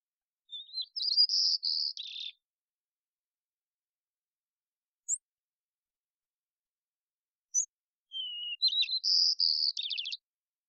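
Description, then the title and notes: White-crowned sparrow song: two whistled, warbling phrases ending in buzzy trills, separated by a long gap with two brief high chips. Probably an immature bird learning the song or experimenting with variation; recorded in the Pacific Northwest, Washington, United States, with a parabolic microphone; cleaned, natural pace and rhythm kept. "White-crowned Sparrow, Zonotrichia leucophrys, Songs and Calls, probably an immature bird learning the song or experimenting with variation"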